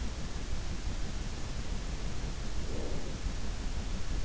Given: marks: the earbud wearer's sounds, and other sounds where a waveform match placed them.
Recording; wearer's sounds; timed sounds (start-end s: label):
sounds in sleep by an in-ear microphone; breath
2.32-3.51 s: breath